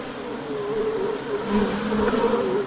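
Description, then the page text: Honey bees buzzing, a wavering wing hum that grows louder midway. Ambient honey bee wing-buzz sound, presented as ASMR background sound for work and sleep. "【環境音・ASMR】ミツバチの羽音3分｜ Honey Bees Sound【作業用・睡眠用BGM】"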